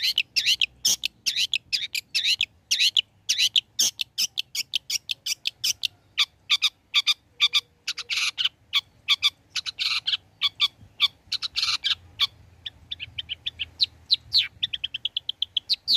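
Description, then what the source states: Long-tailed shrike pouring out long, continuous scratchy chatter, then ending with a fast, even trill of high notes. Bird described as singing actively (gacor); recording made as tutor song (masteran) for training songbirds.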